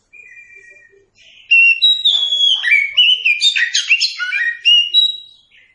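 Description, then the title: Oriental magpie-robin song opening with a soft, low whistle, then a loud, fast tumble of varied high whistles and trills. Kacer song used for training captive birds. "Masteran Ampuh Burung Kacer"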